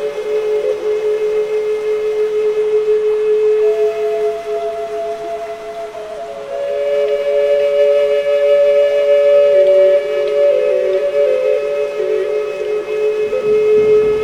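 Long, held flute notes sit in a middle register, with one tone swelling and gliding into a higher pitch around the six-second mark, after which the playing grows louder and fuller. A soft, steady hiss like light rain runs underneath throughout.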